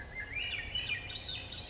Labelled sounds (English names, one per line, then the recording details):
Swainson's Thrush
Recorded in Sonoma County, California